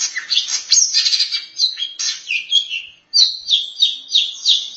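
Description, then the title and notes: Long-tailed Shrike song: a varied, scratchy, high warble of quick chattering notes and short slurred whistles, broken by a brief pause midway. "Pentet 201703. Suara burung pentet"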